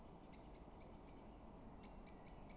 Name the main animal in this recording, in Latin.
Turdus merula